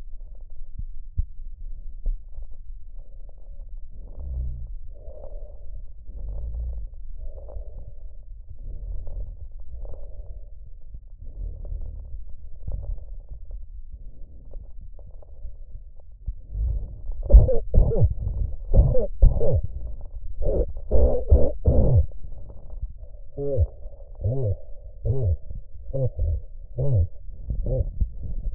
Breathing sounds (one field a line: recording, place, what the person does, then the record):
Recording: lung sounds by stethoscope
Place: trachea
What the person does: quiet breathing, then cough and speech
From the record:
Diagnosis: COPD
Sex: male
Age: 70 years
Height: 170 cm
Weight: 74 kg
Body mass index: 25.6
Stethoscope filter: extended mode